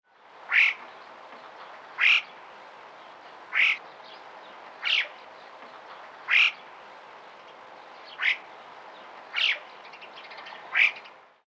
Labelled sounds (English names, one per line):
Alpine Chough